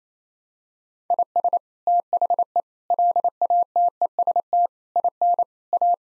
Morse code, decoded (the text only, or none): IS THE LATEST IN A